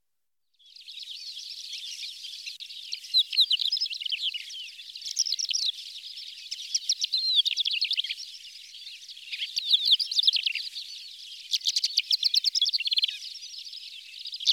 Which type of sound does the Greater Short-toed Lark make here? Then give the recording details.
song. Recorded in the wild. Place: Sandwüste nordwestl. Astrachan, Kalmykia, RU. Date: 1995-05-21. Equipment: Dat-Recorder Casio DA 7, Telinga DAT, Telinga-Parabolspiegel. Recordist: Schwarz, Dieter